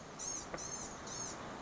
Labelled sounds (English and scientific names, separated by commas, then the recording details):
Blue-gray Gnatcatcher (Polioptila caerulea)
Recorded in Sonoma County, California